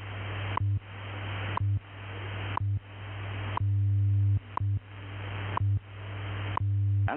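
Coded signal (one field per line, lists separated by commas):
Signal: radio time signal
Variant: WWV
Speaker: at the tone, 16 hours, 5 minutes, coordinated universal time.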